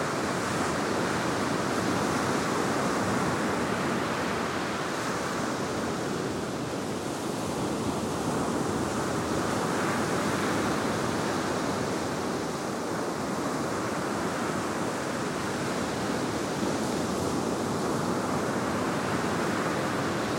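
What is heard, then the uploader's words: Dense, steady surf roars on a beach on a windy day, with slow swells of rushing wash rising and falling every few seconds. 高知県東洋町 生見海岸. Sound of waves on Ikumi beach, Toyo, Kochi, Japan. 生見海岸の波の音です 風の強い日でした。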